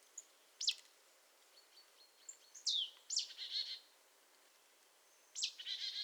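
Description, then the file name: Marsh tit calling: sharp high downslurred notes, some trailed by buzzy chattering bursts, with faint thin high notes in between. "Poecile palustris"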